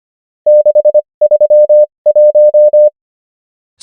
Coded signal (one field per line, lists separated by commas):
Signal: Morse code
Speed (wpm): 25 wpm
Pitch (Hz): 600 Hz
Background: none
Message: 631